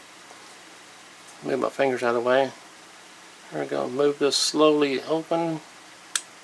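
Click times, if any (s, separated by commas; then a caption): 6.2 s. A steel liner lock on a Smith & Wesson folding flipper knife sold by Walmart snaps over behind the blade as the blade is opened slowly. Someone talks first, and then a sharp click at 6.2 s marks the liner lock seating and locking the blade open.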